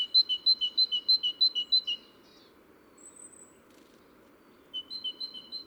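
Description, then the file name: Great tit song: a bright, ringing two-note phrase, high then lower, repeated rapidly several times, a pause with one thin high whistle, then the phrase resumes. "Parus major"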